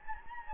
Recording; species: mosquito wingbeat signal from an infrared sensor; Anopheles gambiae